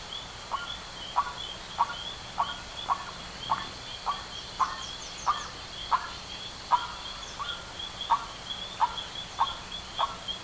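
Bird calls: many short notes repeated at a steady pace, with a constant high hum underneath.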